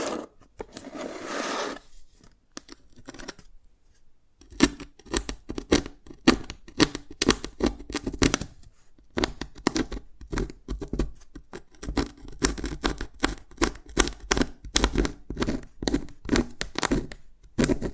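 Dalgona candy being tapped and cracked. A soft scraping sound fills the first two seconds, followed by a near-silent gap, then from about four seconds on a dense run of sharp, irregular taps and brittle snaps continues to the end.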